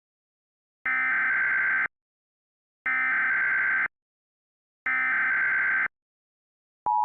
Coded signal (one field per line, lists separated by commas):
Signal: Emergency Alert System (SAME) tones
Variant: header bursts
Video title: Wasatch - An EAS Scenario